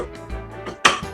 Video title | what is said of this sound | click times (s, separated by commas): Amazon Basics food processor : you won't believe the result. | so you hear the click sound | 0.9 s